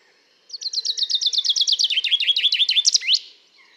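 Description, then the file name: Common chaffinch singing a rapid run of high chips that drops in pitch, rattles faster toward the end and finishes with a rising terminal flourish. "Fringilla coelebs"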